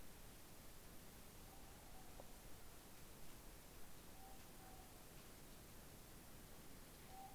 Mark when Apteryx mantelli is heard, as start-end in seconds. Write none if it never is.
none